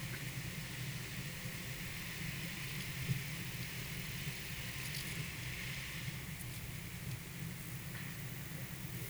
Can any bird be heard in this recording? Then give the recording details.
no. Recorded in pastures near Puerto Asís, Putumayo, Colombia, on 22 June 2025 at 12:00. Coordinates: 0.486, -76.323. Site H29